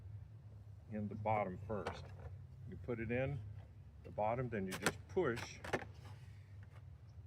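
Someone talks while setting the larger tab of a plastic beehive foundation sheet into the bottom of a wooden frame, then begins pushing it toward the frame's top groove. A few brief handling sounds are heard near the end, but the sheet has not yet snapped into the groove.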